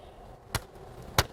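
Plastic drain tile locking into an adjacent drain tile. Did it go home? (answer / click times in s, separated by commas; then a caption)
yes / 1.2 s. A plastic drain tile is nudged with the palm to line it up with the adjacent drain tile and pushed with light pressure. A sharp tap sounds at about 0.6 s, then a louder, crisp snap at 1.2 s as the tile locks into the adjacent tile. The tile is seated.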